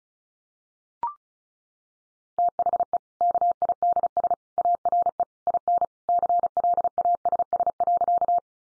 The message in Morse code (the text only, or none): THE KIDS ARE IN CLASS.